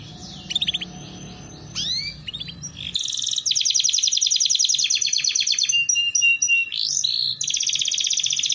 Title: Canto Para Esquentar Canário Belga. Terapi Pancingan Suara Kenari Gacor || Masteran Kenari Paud Belajar Bunyi